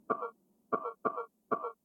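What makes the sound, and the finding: Adult. Cough.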